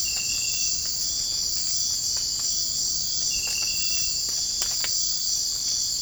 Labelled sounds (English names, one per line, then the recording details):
none
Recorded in dense forest near Puerto Asís, Putumayo, Colombia, on 27 June 2025 at 04:30
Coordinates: 0.481, -76.323
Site G072